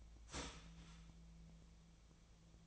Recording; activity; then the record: daily activity, microphone in the room; start toaster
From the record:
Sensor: 1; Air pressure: 1009.3 hPa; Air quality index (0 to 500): 196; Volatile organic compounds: 19 ppm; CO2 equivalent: 2671 ppm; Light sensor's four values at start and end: 28/71/29/35 and 28/72/30/35